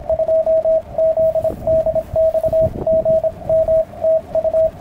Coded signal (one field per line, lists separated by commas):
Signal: Morse code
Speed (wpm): 25 wpm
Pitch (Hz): 640 Hz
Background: radio noise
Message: 2ZDX GM TU